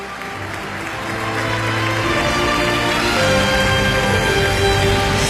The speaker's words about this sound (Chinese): 让我们掌声邀请18届北京国际电影节国际评委会的7位评委，掌声欢迎他们。有请。 Let's welcome the members of the jury, ladies and gentlemen.